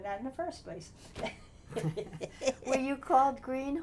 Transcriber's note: laughs